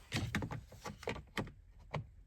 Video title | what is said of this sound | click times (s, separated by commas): Change F-150 cabin air filter. 2015-2020 | So first this is gonna go down and then snap in place. | 0.3 s, 1.4 s